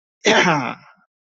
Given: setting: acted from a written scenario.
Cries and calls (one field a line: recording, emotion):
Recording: vocal sound without words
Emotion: pride